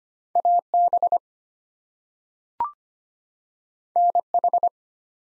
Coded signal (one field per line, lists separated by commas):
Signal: Morse code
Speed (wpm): 25 wpm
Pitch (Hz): 700 Hz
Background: none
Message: AB NH